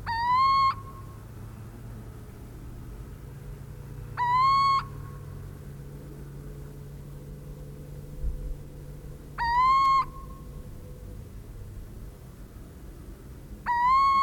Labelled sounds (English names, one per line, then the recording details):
Little Owl call
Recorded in the wild
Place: Presenske, Insel Rügen, Mecklenburg-Vorpommern, DE
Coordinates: 54.638, 13.359
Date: 1974-04-24
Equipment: Nagra III BH, Sennheiser MD 21, parabola
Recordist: Schubert, Michael